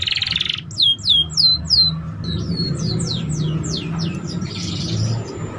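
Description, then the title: Canary song: a short buzzy roll, then a series of clear, falling whistled notes about three per second, fading into quieter trilled phrases and a soft buzz. Song used to warm up Belgian canaries and to lure young canaries into singing and chattering quickly. "Canto Para Esquentar Canário Belga. SUARA KENARI PAUD CUIT CUIT BELAJAR BUNYI - pancingan kenari paud muda agar cepat bunyi dan ngeriwik"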